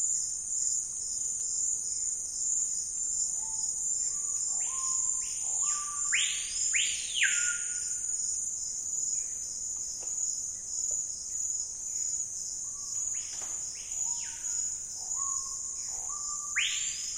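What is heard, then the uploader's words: A steady, shrill insect chorus fills an Amazon rainforest afternoon without a break. Twice, around the sixth and thirteenth seconds, a Screaming Piha calls: low rising notes climbing in steps, then loud whistled swoops that sweep up and fall away. Calm afternoon in an area of dense canopy but sparse undergrowth in the Amazon Basin. Amazon basin rainforest - Calm afternoon.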